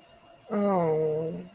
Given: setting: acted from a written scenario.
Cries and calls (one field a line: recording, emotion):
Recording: vocal sound without words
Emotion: disappointment